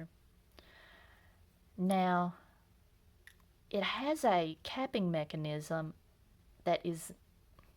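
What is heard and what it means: A plastic cap is handled at the body of a Pilot Grance fountain pen while someone talks, with a few faint short ticks. The clip ends before the cap goes home, so nothing has seated or clicked yet.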